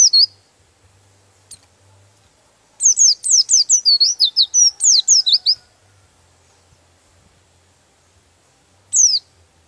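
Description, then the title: Bird song: a loud burst of fast, high, downward-sweeping chirps lasting about three seconds, set between mostly quiet stretches with single brief notes at either end. Used for training songbirds. "Master Burung Jos"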